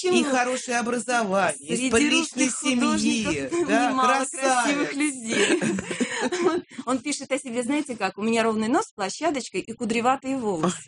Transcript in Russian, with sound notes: И хорошее образование, из элитной семьи, да? Красавец (смеется)
Он пишет о себе, знаете как? У меня ровный нос, площадочкой, и кудреватые волосы.